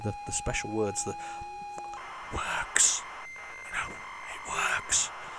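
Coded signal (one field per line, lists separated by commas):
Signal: ZX Spectrum tape loading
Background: speech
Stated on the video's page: ZX Spectrum program loading from an old unknown cassette tape, with tape errors, rewinding and fast forwarding.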